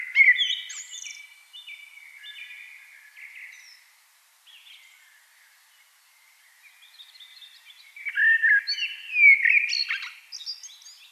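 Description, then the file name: Eurasian blackbird song: a fluted phrase fading into soft twittering, a quiet stretch, then a loud rich warble with high squeaky notes. "Turdus merula"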